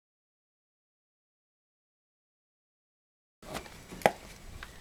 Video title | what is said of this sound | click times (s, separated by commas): Glock 17 vs. CZ-75 - 5ème partie : Choix d'un holster | C'est un holster vraiment qui s'encliquette tout seul. On entend bien l'encliquetage. | 4.1 s